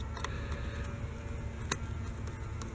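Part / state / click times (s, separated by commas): red locking tab on ignition coil connector / not seated / none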